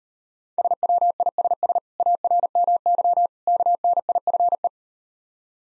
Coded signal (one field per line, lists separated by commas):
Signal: Morse code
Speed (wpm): 39 wpm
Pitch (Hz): 700 Hz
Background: none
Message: SWISS ARMY KNIFE